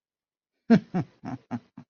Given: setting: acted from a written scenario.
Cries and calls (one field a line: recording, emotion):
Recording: vocal sound without words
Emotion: amusement